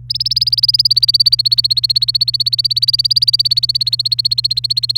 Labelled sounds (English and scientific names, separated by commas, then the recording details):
Domestic Canary (Serinus canaria) song
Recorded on 28 April 2018 at 09:21
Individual llb3